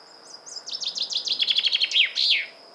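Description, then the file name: Common chaffinch singing a quick run of repeated falling notes that ends in a bright terminal flourish. "Fringilla coelebs"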